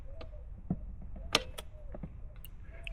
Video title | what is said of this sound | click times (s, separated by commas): YES, at Last 🤩 an Easy Fix for the 2024 Goldwing 😎🥳 | a positive click it has now. | 1.4 s